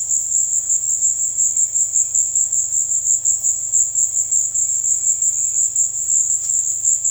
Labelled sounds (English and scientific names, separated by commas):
Bright-rumped Attila (Attila spadiceus)